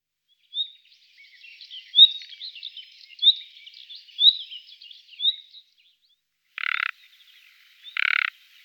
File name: Slavik obecny Luscinia megarhynchos